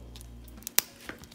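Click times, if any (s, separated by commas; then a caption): 0.8 s. A metal snap button on a finished marine-vinyl bag tag is pressed into its metal socket, with a few faint ticks before a single sharp, loud snap at 0.8 s. The snap engages and the fastener is seated closed.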